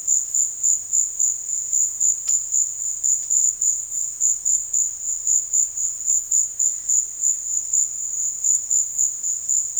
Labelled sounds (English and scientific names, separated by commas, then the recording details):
none
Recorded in dense forest near Puerto Asís, Putumayo, Colombia, on 13 March 2025 at 14:30
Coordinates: 0.481, -76.323
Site G088